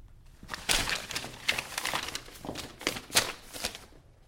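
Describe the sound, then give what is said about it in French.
A sheet of paper with written music is handled and rustled in a performance of Molière's Le Malade Imaginaire, giving a string of irregular, crisp crackles and swishes of moderate loudness, with no voices. “Montrez-moi ce papier.”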